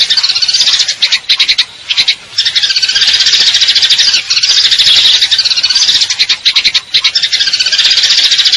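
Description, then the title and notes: Eurasian tree sparrow chirping in dense, continuous high trills, with brief pauses and stuttering bursts throughout. Fighting-style call with long trills, clear sound; a masteran training recording for contest birds; local name burung gereja. "GEREJA TARUNG NEMBAK PANJANG SUARA JERNIH MASTERAN WAJIB BURUNG LOMBA. Burung Gereja"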